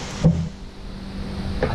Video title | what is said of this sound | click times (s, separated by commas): Evinrude E-Tec G2 Outboard Water Pump | think i just heard it pop | 1.6 s